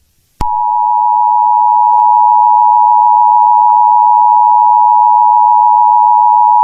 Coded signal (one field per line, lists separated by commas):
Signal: Emergency Alert System (SAME) tones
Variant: 853 and 960 Hz attention tone